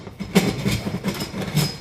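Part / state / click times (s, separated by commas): chimney flue into the pizza oven's chimney opening / not seated / none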